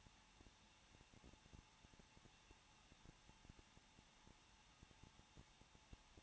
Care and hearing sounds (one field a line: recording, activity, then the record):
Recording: daily activity, microphone in the room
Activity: no activity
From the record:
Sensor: 1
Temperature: 20.1 degrees Celsius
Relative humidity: 39.2%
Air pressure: 1006.3 hPa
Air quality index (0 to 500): 218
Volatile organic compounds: 79 ppm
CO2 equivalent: 3596 ppm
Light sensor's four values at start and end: 1/2/1/1 and 1/2/1/1